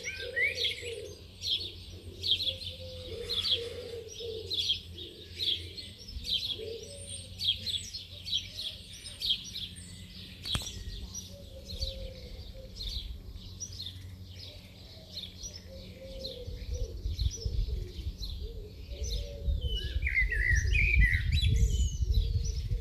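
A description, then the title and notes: Garden birds sing a dense morning chorus, with quick bright chirps and trills overlapping throughout. A pigeon or dove coos softly underneath in repeated low phrases. A low rumble builds toward the end, growing louder over the last several seconds. Garden birds chorus. UK GARDEN BIRDS MORNING CHORUS.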